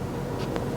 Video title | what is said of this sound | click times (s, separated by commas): Day 1 ev United States Nissan Leaf ccs1 chademo adapter | there it goes it's locked okay that's all it was | 0.6 s